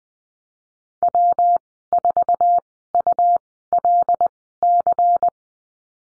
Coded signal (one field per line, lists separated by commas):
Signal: Morse code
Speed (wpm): 20 wpm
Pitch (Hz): 700 Hz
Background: none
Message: W4ULC